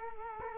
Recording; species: mosquito wingbeat signal from an infrared sensor; Culex quinquefasciatus